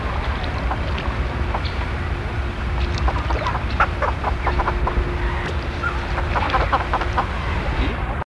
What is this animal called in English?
Yellow-billed Pintail